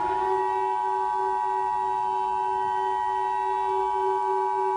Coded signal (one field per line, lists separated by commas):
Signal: Emergency Alert System (SAME) tones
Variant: 853 and 960 Hz attention tone